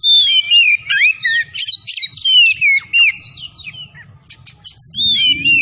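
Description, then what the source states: Oriental magpie-robin singing a fast, varied run of whistled notes, swooping up and down, pausing briefly near the end, with a thin constant high tone behind. Kacer from Tretes, singing vigorously in gacor style.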